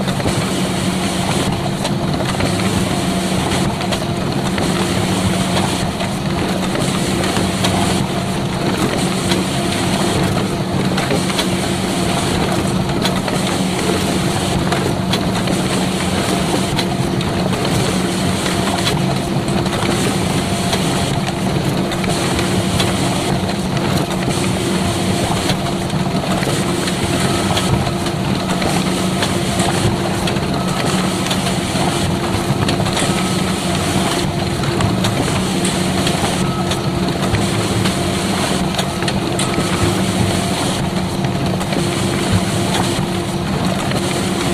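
A photocopier runs with a steady, unbroken mechanical hum, a low drone with a few fixed tones and a dense whirring hiss throughout.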